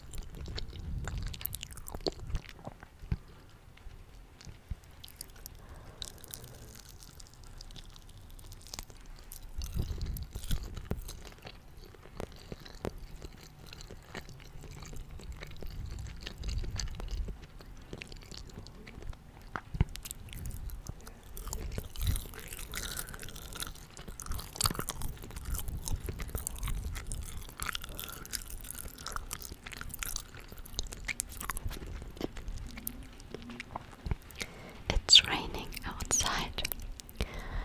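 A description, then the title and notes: Sticky eating sounds: wet chewing and smacking clicks repeat densely throughout, with crunchy bursts near 10, 20 and 35 seconds. I’m eating vegetarian sushi again. Sticky eating sounds.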